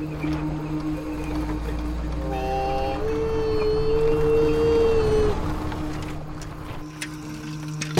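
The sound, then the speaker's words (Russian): A truck drives across the steppe at night with a steady, low engine rumble, while a thin whining tone swells and holds through the middle before fading back into the drone. “По ночной степи едет грузовик.”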